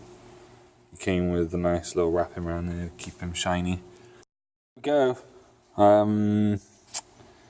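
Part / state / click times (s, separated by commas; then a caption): hose fitting into liftgate actuator strut / seated / 6.9 s. Someone talks while a hose fitting is pushed into its connection on the power liftgate actuator strut of a Chevy Equinox during strut replacement. A sharp click at 6.9 s marks the hose seating in with no problem.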